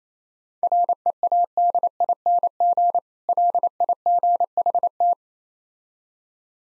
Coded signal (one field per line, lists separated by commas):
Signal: Morse code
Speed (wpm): 29 wpm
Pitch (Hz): 700 Hz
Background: none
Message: READING LIGHT